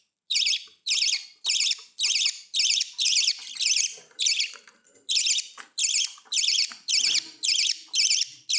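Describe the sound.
Budgerigar calls, rapid regular chattering bursts almost two per second, harsh and buzzy, with faint low background noise.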